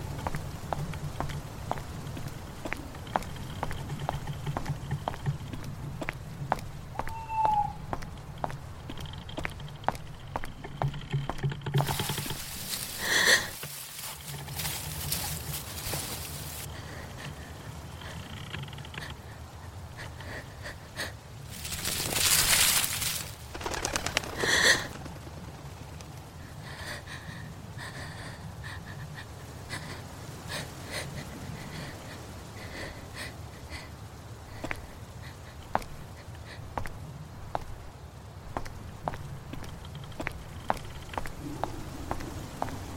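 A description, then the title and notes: A horror night ambience with a steady low rumble under a constant bed of fine ticking, like light rain. Two loud hissing, rushing bursts stand out, one around 12 to 16 seconds and another around 21 to 25 seconds. Horror night ambience.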